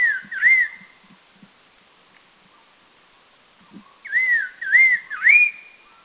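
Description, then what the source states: Red-faced liocichla giving clear whistled calls: a swooping two-note phrase, a pause of about three seconds, then three sliding whistles in quick succession, the last rising highest. Recorded at Doi Lang, northern Thailand.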